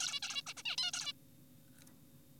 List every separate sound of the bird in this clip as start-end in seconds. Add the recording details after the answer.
0.00-0.20, 0.23-0.42, 0.47-0.54, 0.57-0.63, 0.66-0.76, 0.78-0.91, 0.94-1.13. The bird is an adult. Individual g4p5U